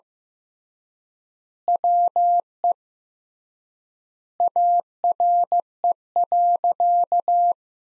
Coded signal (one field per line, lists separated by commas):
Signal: Morse code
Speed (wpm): 15 wpm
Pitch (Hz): 700 Hz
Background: none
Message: WE ARE.